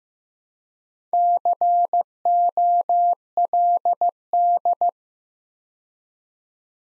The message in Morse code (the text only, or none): COLD